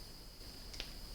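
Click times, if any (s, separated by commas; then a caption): 0.8 s. A microSD memory card is pushed into the spring-loaded card slot of a Crosstour CT9000 4K action camera; the slot is a bit springy. A sharp click at 0.8 s marks the card seating in place, with a softer tick just before it and another around 1.1 s. The card is confirmed clicked into place.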